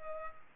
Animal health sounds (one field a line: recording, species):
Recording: mosquito wingbeat signal from an infrared sensor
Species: Culex pipiens